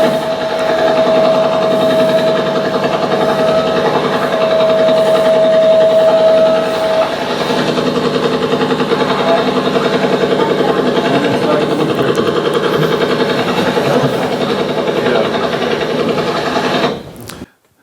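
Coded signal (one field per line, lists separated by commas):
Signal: radar signal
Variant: Russian Woodpecker (Duga)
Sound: harsh rapid broadband tapping like a jackhammer, with a steady whistle tone early on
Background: radio static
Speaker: Anybody remember the Russian woodpecker?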